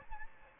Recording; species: mosquito wingbeat signal from an infrared sensor; Aedes albopictus